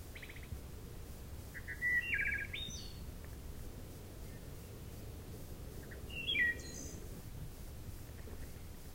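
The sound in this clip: Wood thrush singing two flutelike phrases about four seconds apart, each a short liquid warble followed by a thin, high shimmering trill, with low background hum.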